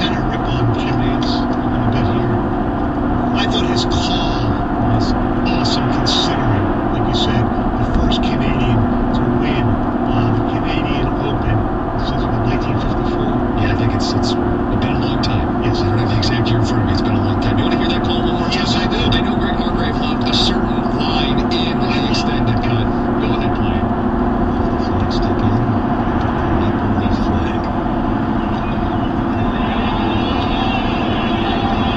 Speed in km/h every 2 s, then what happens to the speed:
121, 121, 121, 121, 119, 119, 119, 119, 118, 119, 119, 122, 121, 114, 114, 116.
0-32 steady at about 119.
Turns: none.